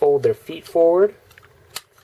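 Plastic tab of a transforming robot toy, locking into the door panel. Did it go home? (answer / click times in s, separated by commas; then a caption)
yes / 1.8 s. A plastic tab on a transforming robot toy is folded into the door piece and locks into the door panel, clicking into place at 1.8 s. Someone talks over the first second, followed by a few faint ticks of handling before the sharper click, and the tab ends up seated.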